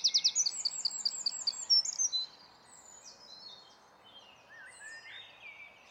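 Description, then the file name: Eurasian wren song: a fast high trill and rattling notes for about two seconds, then only faint, thin bird notes over soft background hiss. "Troglodytes troglodytes"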